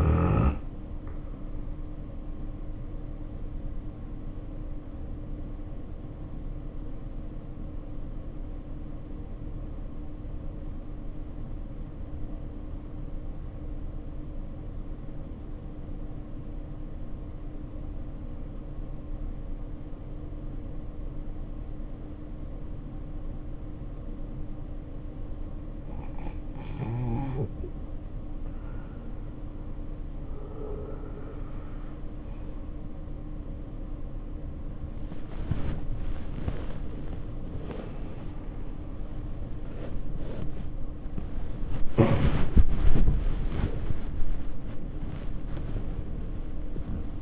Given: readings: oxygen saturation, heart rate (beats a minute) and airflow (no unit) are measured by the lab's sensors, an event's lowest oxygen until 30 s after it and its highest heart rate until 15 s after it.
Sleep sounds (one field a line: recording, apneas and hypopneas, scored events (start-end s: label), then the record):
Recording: breathing in sleep by a smartphone at the bedside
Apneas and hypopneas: 1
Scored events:
7.00-27.50 s: obstructive apnea (N2, oxygen 94% highest, then 74% lowest, heart rate 55 at the start, 81 highest)
25.00-47.22 s: new sleep stage, awake
28.00-47.22 s: awake
From the record:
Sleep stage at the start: N2 (light sleep)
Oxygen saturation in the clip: 78 to 94%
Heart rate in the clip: 54 to 81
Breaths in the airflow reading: 8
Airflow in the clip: -7.6 to 10.1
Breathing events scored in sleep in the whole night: 520 in 7.2 hours asleep